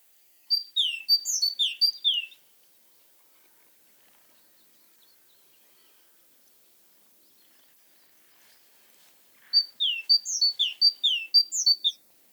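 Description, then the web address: Great tit song in two bursts of rapid repeated whistled phrases, each lasting about two seconds, separated by about seven seconds of quiet. "Aktivitetsbanken. Fuglelyder Kjøttmeis"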